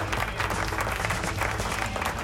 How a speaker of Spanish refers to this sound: Así que, como siempre, el Lechón Atómico no encuentra los aplausos, no sabe dónde los puso, porque siempre está todo perdido con los aplausos, pero aquí vienen los aplausos, ya están, aquí llegaron. ¡Suénalo, suénalo, suénalo! Y se oyen.